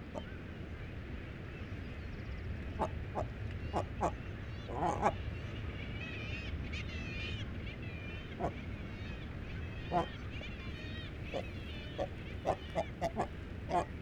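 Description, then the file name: Great cormorant producing scattered short, gruff croaks, a few in close clusters, over a low background rumble. Atlantic subspecies; presumed female; territory call. "Atlantic Great Cormorant Territory Call Of Presumed Female"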